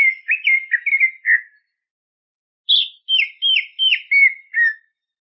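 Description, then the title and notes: Greater green leafbird singing bright slurred whistles in quick series, a gap, then several downward-sweeping whistled notes. Champion-quality singing bird. "Kicau Burung Cucak Ijo Juara. Suara kicauan burung cucak ijo"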